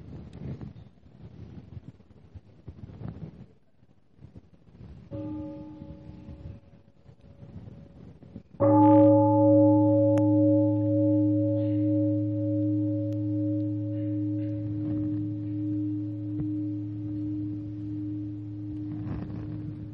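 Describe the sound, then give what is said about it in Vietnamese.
A bell is touched softly once, then struck firmly a few seconds later, its deep, resonant tone ringing out and slowly fading over a long sustain with no voices present, as a seated assembly is invited to listen to the bell during a Buddhist talk. “Con xin đại chúng mình ngồi cho thẳng, cho thoải mái, mình nghe một tiếng chuông rồi mình tiếp tục.”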